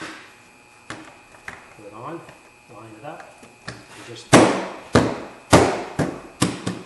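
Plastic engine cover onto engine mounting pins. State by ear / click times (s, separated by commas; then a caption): seated / 5.0 s, 5.5 s, 6.0 s, 6.4 s, 6.7 s. On a 2006 Cadillac STS, during a water pump replacement, the plastic engine cover is lined up with the mounting pins on the engine and tapped down by hand so its grommets snap onto the pins, while someone talks. A series of sharp taps and snaps is heard at 5.0, 5.5, 6.0, 6.4 and 6.7 seconds, and the cover ends up seated on the pins.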